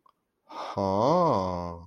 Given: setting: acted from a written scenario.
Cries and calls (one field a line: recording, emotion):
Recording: vocal sound without words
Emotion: realization